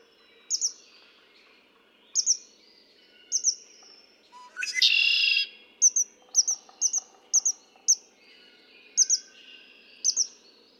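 Red-winged blackbird song, a short low note rolling into a loud buzzy trill midway, with high thin double chirps repeating before and after it.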